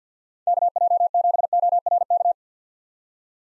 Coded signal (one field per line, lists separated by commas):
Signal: Morse code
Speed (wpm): 50 wpm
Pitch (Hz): 700 Hz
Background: none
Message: KJ7ORK